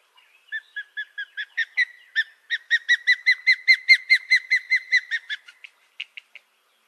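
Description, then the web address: Osprey series of sharp whistled chirps. A few softer notes build into a loud run, then trail off into several scattered final notes. No other sounds. "Songs of Birds of North America Western USA Songbirds. Osprey"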